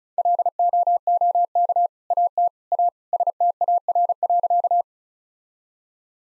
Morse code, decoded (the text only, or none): LOOK AT A STAR.